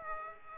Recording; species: mosquito wingbeat signal from an infrared sensor; Aedes aegypti